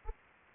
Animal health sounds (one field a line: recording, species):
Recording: mosquito wingbeat signal from an infrared sensor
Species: Anopheles arabiensis